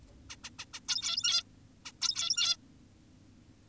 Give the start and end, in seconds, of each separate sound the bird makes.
0.30-0.36, 0.44-0.50, 0.59-0.65, 0.74-0.80, 0.89-1.43, 1.86-1.92, 2.02-2.57